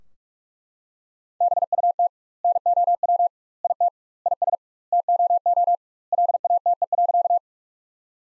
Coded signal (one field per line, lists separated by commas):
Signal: Morse code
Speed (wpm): 43 wpm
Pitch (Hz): 700 Hz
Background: none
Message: BUT NOW IT IS TOO LATE.